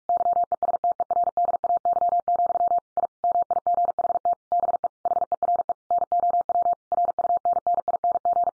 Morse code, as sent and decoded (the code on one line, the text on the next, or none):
-.-- . ... - . .-. -.. .- -.-- --..-- / .. / -- .. --. .... - / -... . / .... . .-. . / -. --- .-- / .-. ..- -. -. .. -. --.
YESTERDAY, I MIGHT BE HERE NOW RUNNING